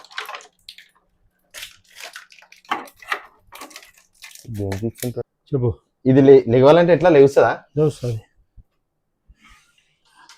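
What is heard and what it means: A newly unboxed soft-close lid is handled near its hinge lock while people talk over a few small handling taps and rustles. The clip ends just before the lid goes home, so nothing has seated or locked yet.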